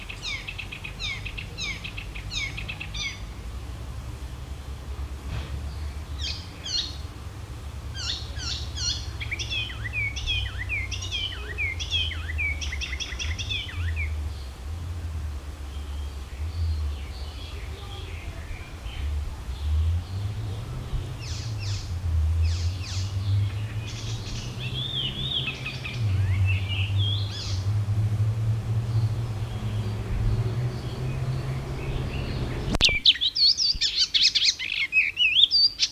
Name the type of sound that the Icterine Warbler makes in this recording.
song